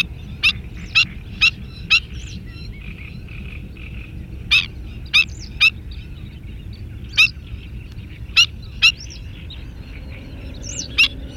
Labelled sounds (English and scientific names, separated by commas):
Black-winged Stilt (Himantopus himantopus) call